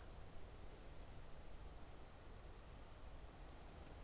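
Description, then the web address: Cricket chirping in rapid high-pitched pulses, a steady trill broken by short pauses, with faint low rumble beneath. Recorded at night, around 00:53, on 4 August 2014 at Nordring, Kirchmöser, Brandenburg, Germany. "aporee City Country Me Brandenburg Kirchmoeser Nordring Grillen 201408040053 OLBIN"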